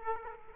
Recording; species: mosquito wingbeat signal from an infrared sensor; Aedes aegypti